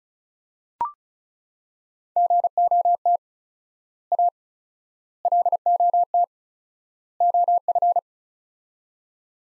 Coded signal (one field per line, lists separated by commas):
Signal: Morse code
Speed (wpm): 36 wpm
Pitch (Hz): 700 Hz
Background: none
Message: GOT A LOT OF